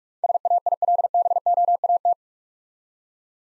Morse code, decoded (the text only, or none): SAILBOAT